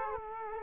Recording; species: mosquito wingbeat signal from an infrared sensor; Culex quinquefasciatus